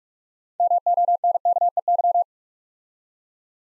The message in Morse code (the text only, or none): MONKEY